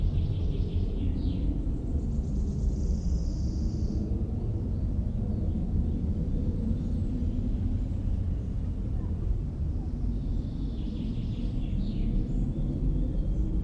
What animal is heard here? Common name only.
Great Reed Warbler